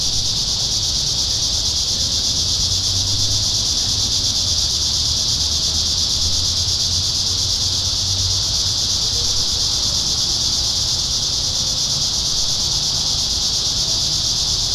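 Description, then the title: Cicadas drone continuously in a high, pulsing buzz for the whole stretch, over a faint low rumble. Cicadas singing in town. "neoscenes: cicadas in town"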